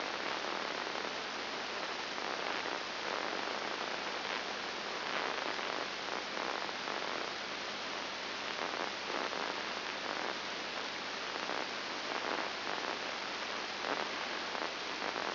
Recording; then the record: brain microelectrode recording played as sound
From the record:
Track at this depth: inside the subthalamic nucleus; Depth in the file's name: 4.302 mm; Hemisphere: left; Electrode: 2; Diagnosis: Parkinson's disease